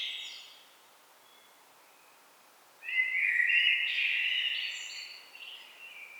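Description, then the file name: Common blackbird song, a phrase fading out at the start, about two seconds of quiet, then a rich mellow warble climbing to a thin, squeaky twitter. "Turdus merula"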